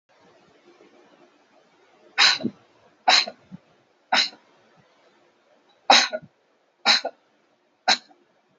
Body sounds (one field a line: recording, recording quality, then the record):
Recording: shallow voluntary cough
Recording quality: excellent, no background noise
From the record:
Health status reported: healthy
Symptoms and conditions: none ticked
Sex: female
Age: 47 years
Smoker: not ticked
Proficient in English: yes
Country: India